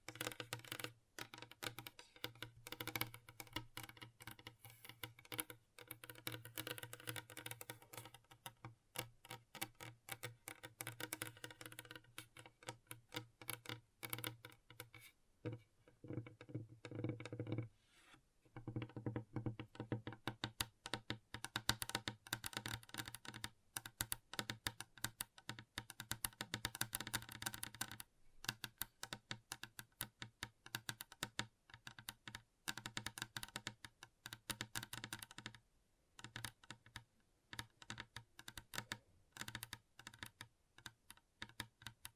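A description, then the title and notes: Gentle tapping like typing on a keyboard, dense rapid clicks running steadily throughout, with brief pauses around 15, 18 and 36 seconds. ASMR Gentle Tapping.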